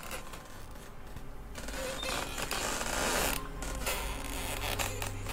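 Bamboo stalks in a garden creak and groan as gusts of wind pass through them on a moonlit night, a steady series of scraping, squeaking creaks that rise and fall over a soft rushing background, with no voices.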